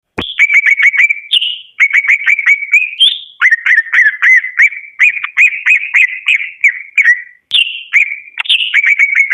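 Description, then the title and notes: Bird chirping almost nonstop, rapid runs of short whistled notes that drop in pitch, grouped into bursts with brief gaps. Lure sound used to attract birds that are hard to approach. "Suara Burung Bandel Yang Susah Mendekati. Kompilasi Suara Pikat Burung"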